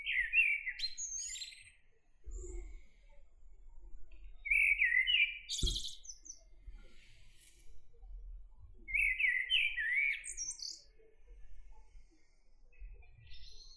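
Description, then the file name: Common blackbird singing three separate phrases, each a rich fluty warble followed by thin, high-pitched twittering flourishes, with brief pauses between phrases. "Turdus merula"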